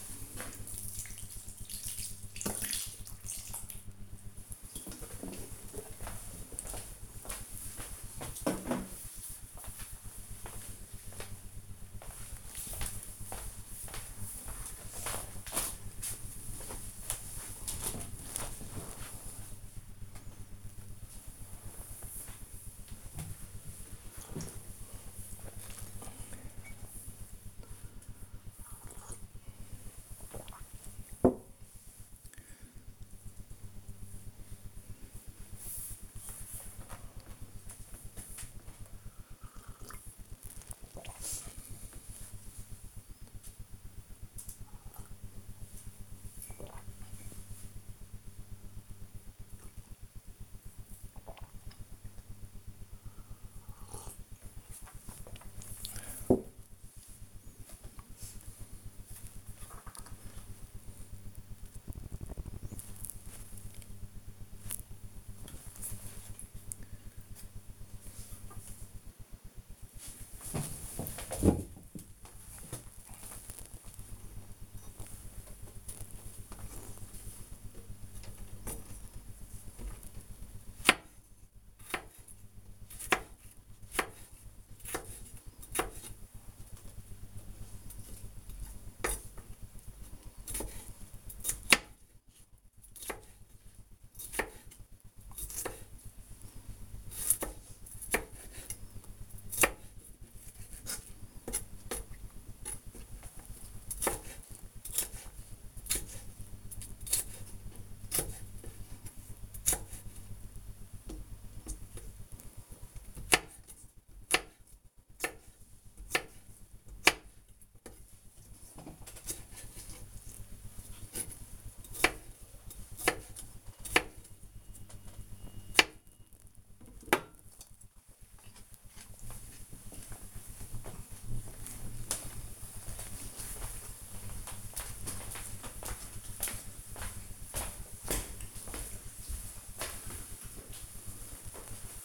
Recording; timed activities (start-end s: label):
household activities, microphone on the right wrist
0.00-5.00 s: watering plant
20.11-57.41 s: drinking
75.56-127.04 s: cutting vegetables